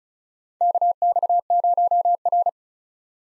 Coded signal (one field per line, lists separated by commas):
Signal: Morse code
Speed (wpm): 36 wpm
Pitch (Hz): 700 Hz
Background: none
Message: KX0R